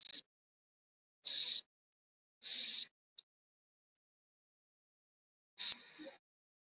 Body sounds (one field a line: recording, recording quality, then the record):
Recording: shallow breathing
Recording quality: excellent, no background noise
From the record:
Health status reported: COVID-19 positive, moderate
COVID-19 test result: positive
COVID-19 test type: RT-PCR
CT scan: not taken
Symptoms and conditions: cough, sore throat, fever, fatigue, muscle pain, loss of smell and taste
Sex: male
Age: 25 years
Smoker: no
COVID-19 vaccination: both doses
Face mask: worn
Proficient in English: no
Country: India